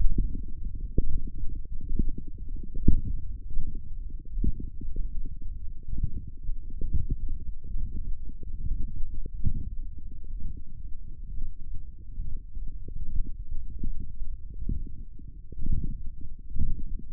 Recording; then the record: forearm muscle sounds (acoustic myography)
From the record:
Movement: radial deviation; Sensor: system 1, eight BSWA MPA416 microphones around the upper forearm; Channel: 8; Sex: male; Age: 23 years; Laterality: right